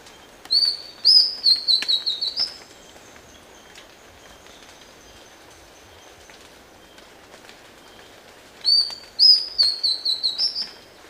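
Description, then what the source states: Esmeraldas antbird song: two bouts of about eight high, thin, whistled notes in quick series, fading slightly toward the end, the bouts roughly eight seconds apart. Ecuador.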